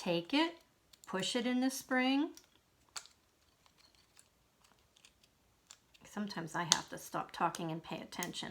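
A battery is pushed, flat end against the spring, into a battery holder for a small drawing robot. Someone talks, then faint handling taps come through a quiet stretch before the talking resumes. Nothing has seated or clicked yet.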